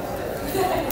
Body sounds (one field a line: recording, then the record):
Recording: background sound without coughing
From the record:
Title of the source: 40 min - Ambience sounds UNIVERSITY lunchroom chatting